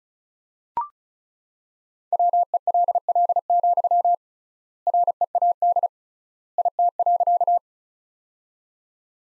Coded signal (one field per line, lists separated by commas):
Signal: Morse code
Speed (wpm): 36 wpm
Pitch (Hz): 700 Hz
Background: none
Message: WELL, READ IT.